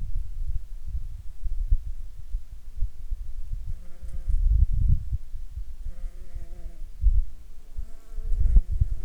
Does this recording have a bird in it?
no